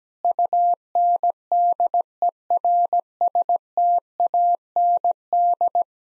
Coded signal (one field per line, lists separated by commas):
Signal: Morse code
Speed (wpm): 17 wpm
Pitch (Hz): 700 Hz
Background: none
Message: UNDERSTAND